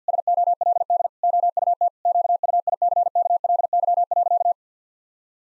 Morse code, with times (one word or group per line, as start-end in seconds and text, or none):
0.1-1.1 SOLD
1.2-1.9 OUT
2.1-4.5 QUICKLY.